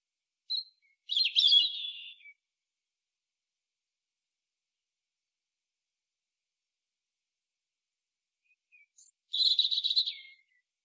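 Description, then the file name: European robin song: two short bursts of high twittering warble separated by about seven seconds of silence, with faint thin notes before each. "Erithacus rubecula"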